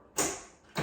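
A fitness machine's arm locking mechanism is engaged again, and a sharp click at 0.2 s shows the arm lock catching and seating. The lock now works. Someone talks.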